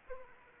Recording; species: mosquito wingbeat signal from an infrared sensor; Anopheles arabiensis